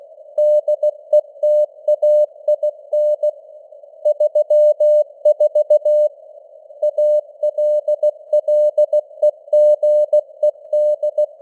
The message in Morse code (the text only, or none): DETAIN 34 ALLEGED